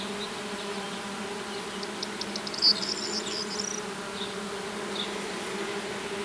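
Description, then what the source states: Bees give a constant low buzz, while a short burst of high notes rises over it partway through. Bees on phacelia flowers, 7 June 2021.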